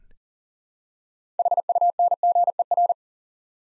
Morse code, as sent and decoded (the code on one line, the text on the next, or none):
.... ..- -. --. . .-.
HUNGER